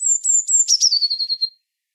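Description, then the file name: Eurasian blue tit: a high, thin whistled phrase that drops in pitch and ends in a fast trill. "Cyanistes caeruleus"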